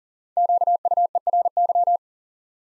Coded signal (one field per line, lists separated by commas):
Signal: Morse code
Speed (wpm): 43 wpm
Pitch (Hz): 700 Hz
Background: none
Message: QUERY